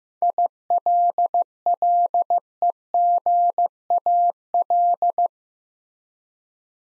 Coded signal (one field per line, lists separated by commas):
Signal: Morse code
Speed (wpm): 15 wpm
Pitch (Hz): 700 Hz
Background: none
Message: ILLEGAL